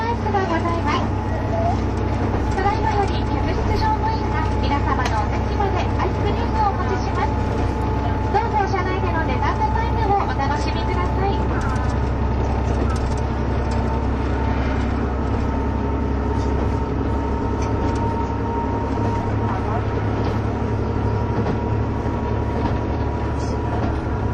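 Running sound of the KiHa 71 Yufuin no Mori diesel train: a steady low rumble with a constant hum, and murmuring voices throughout the first half.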